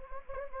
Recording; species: mosquito wingbeat signal from an infrared sensor; Anopheles gambiae